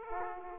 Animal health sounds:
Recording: mosquito wingbeat signal from an infrared sensor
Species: Aedes aegypti

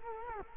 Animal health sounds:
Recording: mosquito wingbeat signal from an infrared sensor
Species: Culex quinquefasciatus

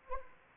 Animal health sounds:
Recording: mosquito wingbeat signal from an infrared sensor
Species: Anopheles arabiensis

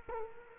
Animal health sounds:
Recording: mosquito wingbeat signal from an infrared sensor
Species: Culex quinquefasciatus

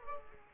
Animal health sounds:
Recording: mosquito wingbeat signal from an infrared sensor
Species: Aedes aegypti

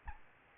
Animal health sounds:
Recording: mosquito wingbeat signal from an infrared sensor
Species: Aedes albopictus

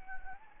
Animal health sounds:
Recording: mosquito wingbeat signal from an infrared sensor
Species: Anopheles arabiensis

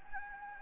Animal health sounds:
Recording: mosquito wingbeat signal from an infrared sensor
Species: Anopheles gambiae

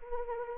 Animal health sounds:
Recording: mosquito wingbeat signal from an infrared sensor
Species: Anopheles arabiensis

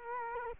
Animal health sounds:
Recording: mosquito wingbeat signal from an infrared sensor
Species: Culex quinquefasciatus

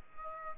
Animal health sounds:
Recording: mosquito wingbeat signal from an infrared sensor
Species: Aedes aegypti

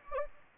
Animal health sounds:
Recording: mosquito wingbeat signal from an infrared sensor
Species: Anopheles gambiae

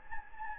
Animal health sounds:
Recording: mosquito wingbeat signal from an infrared sensor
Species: Anopheles gambiae

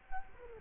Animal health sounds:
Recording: mosquito wingbeat signal from an infrared sensor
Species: Culex quinquefasciatus

